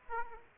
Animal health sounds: mosquito wingbeat signal from an infrared sensor; Aedes aegypti

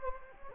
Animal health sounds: mosquito wingbeat signal from an infrared sensor; Anopheles gambiae

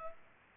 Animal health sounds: mosquito wingbeat signal from an infrared sensor; Culex pipiens

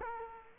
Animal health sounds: mosquito wingbeat signal from an infrared sensor; Culex quinquefasciatus

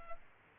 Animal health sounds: mosquito wingbeat signal from an infrared sensor; Culex pipiens

